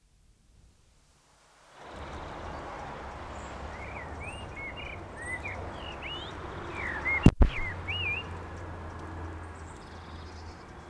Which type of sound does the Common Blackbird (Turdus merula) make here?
song